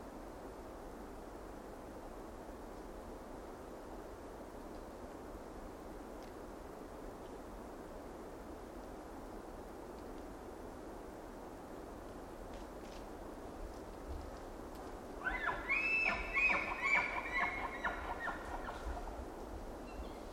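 A steady, rushing outdoor hiss fills the first fifteen seconds. Around the fifteen-second mark a Roosevelt elk bugles: a high, whistling squeal over a grainy, rough layer beneath, lasting about three seconds before fading back into the constant background wash.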